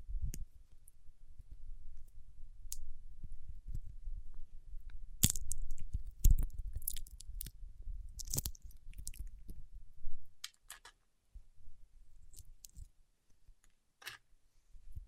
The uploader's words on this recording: ASMR with Wax Fingertips for Sleep (No Talking).